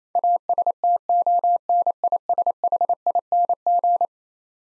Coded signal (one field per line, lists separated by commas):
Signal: Morse code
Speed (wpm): 28 wpm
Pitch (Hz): 700 Hz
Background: none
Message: ASTONISHING